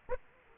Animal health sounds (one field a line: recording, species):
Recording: mosquito wingbeat signal from an infrared sensor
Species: Aedes aegypti